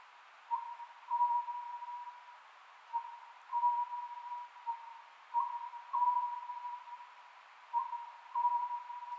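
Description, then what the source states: Oriental scops owl calling, a mid-pitched hooting phrase of two or three short notes repeated about every two and a half seconds over steady hiss. Recorded 27 May 2010 at 22:21.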